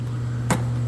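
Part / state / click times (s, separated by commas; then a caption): side door into body latch of a side-by-side UTV / not seated / none. A bent side door of a RZR 1000 XP Turbo side-by-side UTV, which is being rebuilt, is swung shut against the body latch over a steady low hum. A single short impact is heard at 0.5 s, but the bent door does not reach the latch, so nothing has seated or clicked yet and the door stays unlatched.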